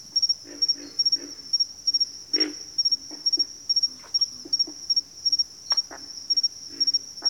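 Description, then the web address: Pig frog giving short low grunts over a rhythmically pulsing insect chorus. Pig frogs calling in a bayou. "Echoes of Nature - Bayou Pig Frogs"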